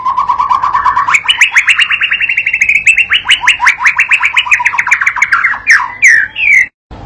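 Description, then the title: White-rumped shama song: a long run of rapid repeated notes climbing from low to higher pitch, ending in a few loud whistled slurs. Masteran (training) recording used to teach and provoke a young shama (paud) to sing energetically (gacor); meant to draw an immediate reply. "MURAI BATU PAUD BELAJAR GACOR, AJARI DENGAN MASTERAN PANCINGAN INI, PANCING LANGSUNG NYAUT"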